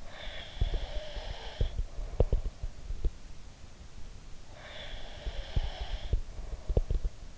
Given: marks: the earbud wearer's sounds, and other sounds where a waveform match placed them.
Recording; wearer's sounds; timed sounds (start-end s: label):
sounds in sleep by an in-ear microphone; breath
0.00-2.56 s: breath
0.57-3.14 s: sound from someone else or the room
4.55-6.89 s: breath
5.28-7.38 s: sound from someone else or the room